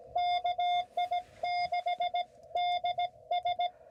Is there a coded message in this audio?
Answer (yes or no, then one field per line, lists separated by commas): yes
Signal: Morse code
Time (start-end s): 0.2-3.7 s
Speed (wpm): 17 wpm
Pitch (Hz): 710 Hz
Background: none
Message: KI6DS